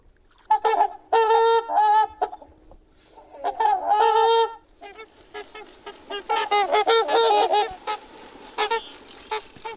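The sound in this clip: Trumpeter swan calls, loud nasal horn-like honks in bursts, several birds overlapping and calling together in a rapid clamor toward the end.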